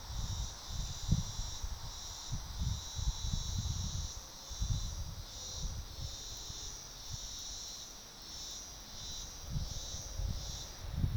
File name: Black-Prince-Cicada- Psaltoda-plaga